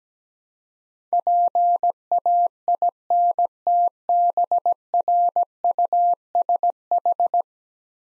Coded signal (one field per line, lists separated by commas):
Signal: Morse code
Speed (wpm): 17 wpm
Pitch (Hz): 700 Hz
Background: none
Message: PAINTBRUSH